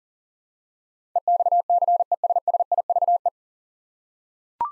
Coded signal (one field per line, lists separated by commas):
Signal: Morse code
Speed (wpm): 40 wpm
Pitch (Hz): 700 Hz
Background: none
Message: EXCESSIVE